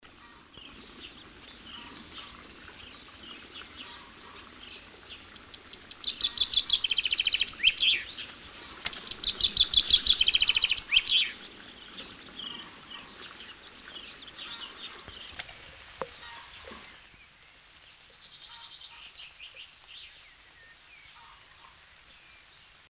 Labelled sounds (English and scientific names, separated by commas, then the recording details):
Common Chaffinch (Fringilla coelebs) song, House Sparrow (Passer domesticus)
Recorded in the wild
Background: Passer domesticus, Gallus gallus f. domestica
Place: Montreux, Kanton Waadt, CH
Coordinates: 46.4586, 6.94
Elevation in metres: 1165
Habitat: mountains
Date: 1986-05-20
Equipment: Uher 4000 Report, Sennheiser MKH 815 T
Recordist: Tretzel, Erwin
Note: oberhalb Sonloup beim verlassenen Bauernhof, bei Montreux, Schweiz: Gesang